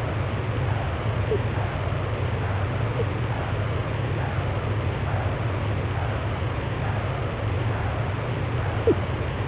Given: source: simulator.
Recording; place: transcranial Doppler ultrasound of blood flow; posterior cerebral artery (PCA)